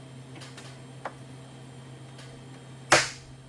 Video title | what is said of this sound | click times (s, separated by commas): Custom Virtual Pinball Cabinet Assembly - Full Build | And you can hear it just snapped right into place. | 2.9 s